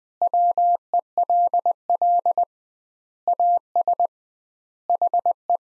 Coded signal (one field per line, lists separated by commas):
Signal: Morse code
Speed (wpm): 20 wpm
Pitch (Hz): 700 Hz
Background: none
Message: WELL AS HE